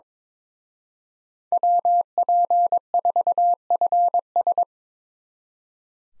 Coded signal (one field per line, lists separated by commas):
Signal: Morse code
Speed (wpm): 25 wpm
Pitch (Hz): 700 Hz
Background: none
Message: WP4FS